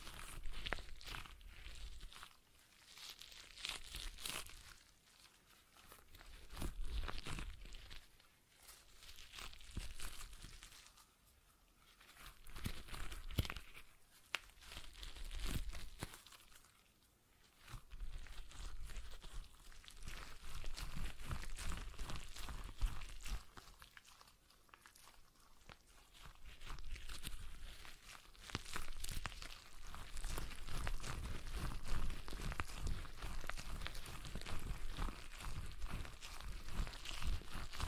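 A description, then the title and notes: A stress ball is squeezed and kneaded again and again, giving soft crinkling, squishing and crunching noises. The sounds come in dense bursts lasting a few seconds, separated by brief quiet gaps near 3, 11, 17 and 24 seconds, then grow steadier toward the end. ASMR Relaxing Stress Ball Sounds (No Talking).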